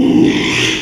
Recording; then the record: squeal of a Yucatan mini pig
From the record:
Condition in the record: after surgery on the right vocal fold (resection and tissue-engineered implant); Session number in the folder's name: 1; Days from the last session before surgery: 6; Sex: male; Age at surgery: 12 weeks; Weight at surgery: 13 kg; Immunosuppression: cyclosporine, prednisolone